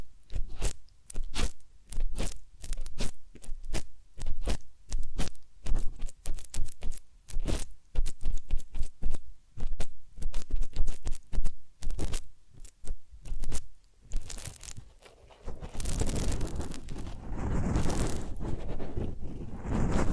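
Ear cleaning and massage sounds: quick crackling, crunchy taps and scrapes come in fast bursts with short gaps for the first fourteen seconds or so. After about fifteen seconds it turns into a denser, continuous rough rubbing and scratching that carries on to the end.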